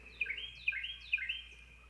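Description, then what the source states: Carolina Wren song, three rolling phrases in quick succession, each a rich slurred whistle, over a faint steady low hum. Played recording; hosts describe the song as 'tweedledee, tweedledee, tweedledee'.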